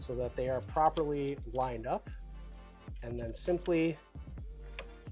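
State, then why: Not seated. Someone talks over background music while handling a plastic tow hook cover for the front bumper grille of a 2019+ Camaro SS, lining it up on its lower tabs to swing it in like a door. A couple of faint sharp ticks sound near the end, but nothing has seated or snapped into place yet.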